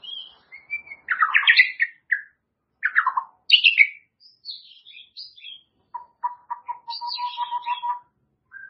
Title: murai batu